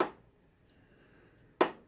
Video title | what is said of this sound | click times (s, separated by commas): Hitachi CP-X1250 / DT00601 Lamp Install | When you hear that clicking, that means the screw's out all the way, because that's the threads hopping. | 0.0 s, 1.6 s